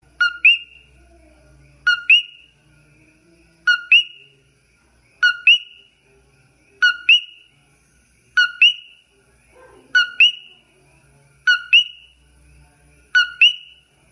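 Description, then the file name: Common coquí calling: a two-note call, a lower note then a sharper higher one, repeated about every one and a half seconds, nine calls in all over a quiet background. "coqui"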